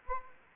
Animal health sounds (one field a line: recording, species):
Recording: mosquito wingbeat signal from an infrared sensor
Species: Anopheles arabiensis